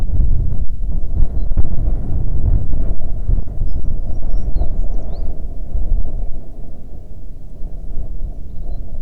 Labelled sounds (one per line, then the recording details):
songbird
wind
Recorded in the Prudhoe Bay oil fields, Alaska, on 9 June 2019 at 16:18
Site 21